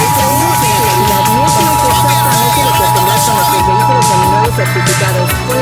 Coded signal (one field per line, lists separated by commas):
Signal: Emergency Alert System (SAME) tones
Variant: 853 and 960 Hz attention tone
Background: speech, music